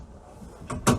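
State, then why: Seated. The swivelling front cab seat of a 4-berth Beach Rest motorhome is turned back to face forward for driving. A single sharp click sounds at 0.7 s as the seat's rotation lock engages in its base, followed by a louder knock at about 0.9 s. The seat is locked into the driving position.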